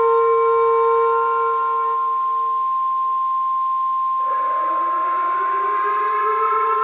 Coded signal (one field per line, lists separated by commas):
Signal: Emergency Alert System (SAME) tones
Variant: 1050 Hz attention tone